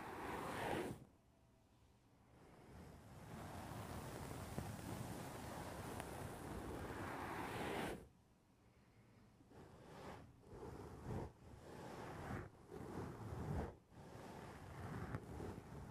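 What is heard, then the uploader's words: Tapping on the roof of a foam house, heard as a dull, rushing hiss rather than crisp knocks. A loud burst opens, then a dense steady wash runs to about eight seconds. After a brief lull, uneven soft hits and swells come every second or so. Tapping on the roof of your foam house.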